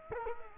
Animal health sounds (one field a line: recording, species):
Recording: mosquito wingbeat signal from an infrared sensor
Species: Culex quinquefasciatus